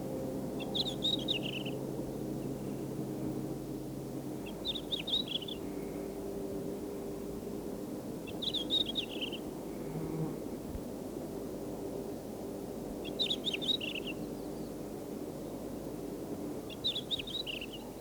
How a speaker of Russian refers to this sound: Слетела только что с листа, однажды свистнула с куста. Неугомонной синей хвостке в лесу знакомы все подмостки.